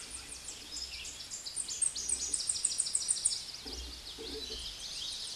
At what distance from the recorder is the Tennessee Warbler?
about 10 m